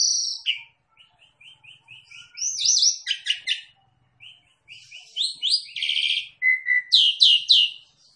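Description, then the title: Javan pied starling giving a loud opening whistle, then soft repeated chips, then louder squeaky whistles, rattles and rising notes in a jumbled, varied sequence. Lure call meant to make the bird call back straight away. "Pancingan Jalak Suren Langsung Bunyi"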